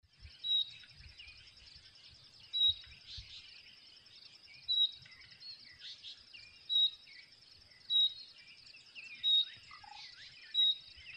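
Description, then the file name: Common nightingale calls, short bright whistled notes repeated every one to two seconds, over a steady high drone and scattered faint chirps. "Luscinia megarhynchos"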